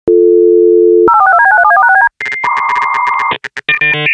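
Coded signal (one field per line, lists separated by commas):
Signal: DTMF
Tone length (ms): 70 ms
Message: 08462DB937A4#6BD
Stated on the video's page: Part of a phreaking and music themed mini-CTF contained in an mp3 file.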